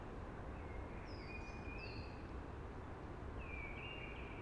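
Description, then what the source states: Eurasian blackbird with soft whistled phrases and high squeaky flourishes, gentle against continuous wind-like rushing noise. Singing early, among conifers that are hushing.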